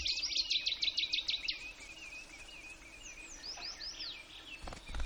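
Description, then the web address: Blackpoll warbler song, a quick regular series of about ten high, thin notes, followed by slurred whistles and brief low thumps. Recorded in Denali, Alaska, on 19 May 2015 at 09:45. "alaska acoustic highlights BIRDS DENAMURI 20150519 094517. Blackpoll"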